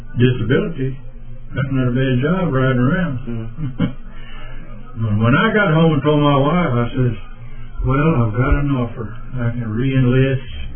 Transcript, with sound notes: disability that’s not a bad job riding around. [Chuckling] But when I got home and told my wife, I says, “well I’ve got an offer, I can re-enlist